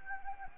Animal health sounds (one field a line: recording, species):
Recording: mosquito wingbeat signal from an infrared sensor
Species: Anopheles gambiae